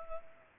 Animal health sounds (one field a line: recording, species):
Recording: mosquito wingbeat signal from an infrared sensor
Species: Culex pipiens